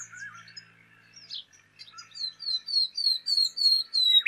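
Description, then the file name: Common nightingale song phrase: a few soft notes, then a loudening run of sharp, downslurred whistled notes repeated rapidly. "Luscinia megarhynchos"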